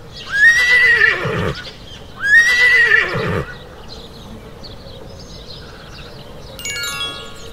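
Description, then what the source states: Horse neighing twice, each a high shrill whinny that falls in pitch, followed by a brief jingling sound. Domestic animal.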